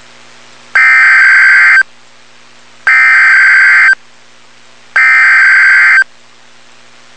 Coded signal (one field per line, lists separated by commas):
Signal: Emergency Alert System (SAME) tones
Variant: header bursts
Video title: Tornado Warning (EAS #365)